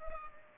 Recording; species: mosquito wingbeat signal from an infrared sensor; Culex pipiens